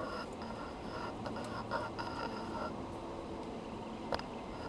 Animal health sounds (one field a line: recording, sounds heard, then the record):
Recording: poultry house recording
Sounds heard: healthy chickens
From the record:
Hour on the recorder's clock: 12